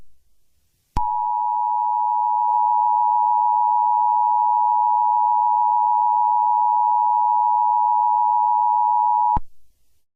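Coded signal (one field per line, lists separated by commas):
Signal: Emergency Alert System (SAME) tones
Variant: 853 and 960 Hz attention tone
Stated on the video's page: Fictional EAS scenario.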